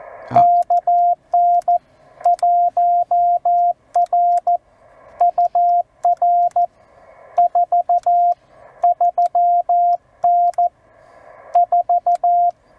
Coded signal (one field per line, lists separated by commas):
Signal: Morse code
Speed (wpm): 14 wpm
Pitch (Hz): 700 Hz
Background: radio noise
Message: KN 1R UR 43N 4